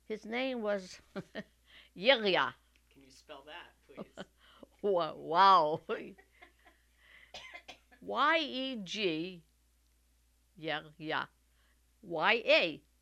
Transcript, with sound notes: His name was Yegya.
Can you spell that, please?
Wow. ( they laugh ) Y-E-G, Yegya, Y-A.